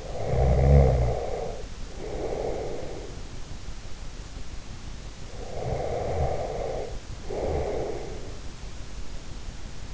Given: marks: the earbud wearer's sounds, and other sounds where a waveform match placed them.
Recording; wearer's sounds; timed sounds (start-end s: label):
sounds in sleep by an in-ear microphone; snoring breath
0.00-3.48 s: snoring breath
5.08-8.31 s: snoring breath